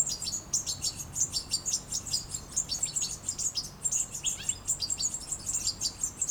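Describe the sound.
European goldfinch giving rapid, high, tinkling twitters in a dense continuous run, with one short descending note near the end.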